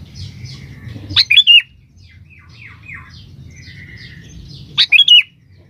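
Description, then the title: Sooty-headed bulbul giving two sharp, bubbly song bursts about three and a half seconds apart, softer chirps filling the gap, and a faint low background drone. "Kutilang"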